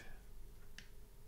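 A gimbal flex cable plug is lined up on its drone board connector and pushed lightly until it seats. A sharp, brief click sounds at 0.8 s over a low, steady background hum, confirming the plug has clicked in.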